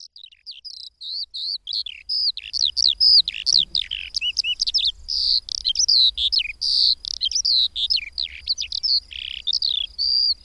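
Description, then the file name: Eurasian skylark song: a rapid stream of high warbled and trilled notes, chirps and buzzy slurs tumbling on with only brief breaks, with only faint low rumble beneath. "Mezei pacsirta"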